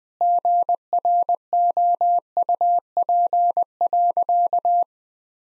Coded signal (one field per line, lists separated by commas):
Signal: Morse code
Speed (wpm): 20 wpm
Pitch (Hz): 700 Hz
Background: none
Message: GROUP.